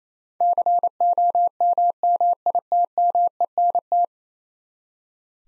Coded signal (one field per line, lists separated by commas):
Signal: Morse code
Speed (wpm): 28 wpm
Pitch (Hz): 700 Hz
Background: none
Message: COMMITMENT